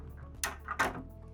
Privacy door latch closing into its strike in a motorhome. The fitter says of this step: It clicks in, and then when you want to open it up, just push down and